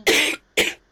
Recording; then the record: coughing mixed with background sound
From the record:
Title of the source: 61 morning phlegmy cough...again